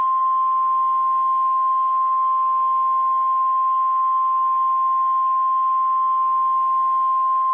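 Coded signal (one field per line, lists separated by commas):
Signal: Emergency Alert System (SAME) tones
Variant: 1050 Hz attention tone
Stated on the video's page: Fictional EAS scenario.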